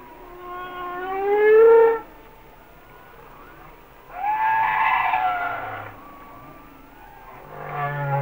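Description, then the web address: Humpback whale song: long bleating harmonic wails about two seconds each, with a low rumbling tone beneath and quiet stretches between. "Whale Songs Sounds of Nature - Humpback Whales"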